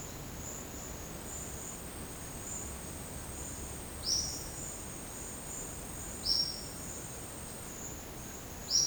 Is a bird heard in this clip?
yes